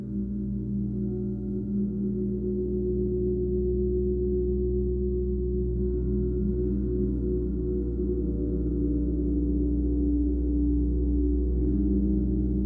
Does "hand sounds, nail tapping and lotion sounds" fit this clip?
no